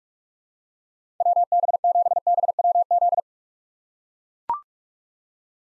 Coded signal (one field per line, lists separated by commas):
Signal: Morse code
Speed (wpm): 42 wpm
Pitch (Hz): 700 Hz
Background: none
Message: WB7BWZ